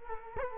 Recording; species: mosquito wingbeat signal from an infrared sensor; Culex quinquefasciatus